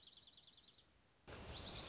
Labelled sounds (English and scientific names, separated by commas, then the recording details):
Dark-eyed Junco (Junco hyemalis)
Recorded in Sonoma County, California